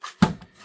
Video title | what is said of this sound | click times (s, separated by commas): Gun and flower universal holster | still not retaining it like I'd like to see still not clicking in | none